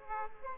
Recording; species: mosquito wingbeat signal from an infrared sensor; Aedes aegypti